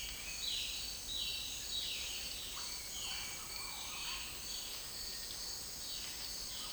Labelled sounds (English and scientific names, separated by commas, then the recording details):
Bright-rumped Attila (Attila spadiceus), Violaceous Jay (Cyanocorax violaceus), Purple-throated Fruitcrow (Querula purpurata), Cinereous Tinamou (Crypturellus cinereus)
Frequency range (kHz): Violaceous Jay (Cyanocorax violaceus) 2.2-5.0 kHz; Cinereous Tinamou (Crypturellus cinereus) 1.4-2.4 kHz
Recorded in secondary vegetation near Puerto Asís, Putumayo, Colombia, on 19 February 2024 at 09:00
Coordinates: 0.481, -76.323
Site G6376